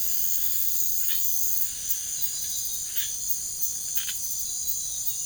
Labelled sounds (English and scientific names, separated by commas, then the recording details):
none
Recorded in secondary vegetation near Puerto Asís, Putumayo, Colombia, on 21 March 2025 at 04:00
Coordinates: 0.489, -76.322
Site G042